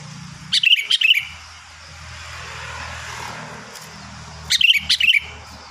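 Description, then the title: Sooty-headed bulbul gives two lively whistled phrases of rapid notes, separated by several seconds of road noise. "Kutilang"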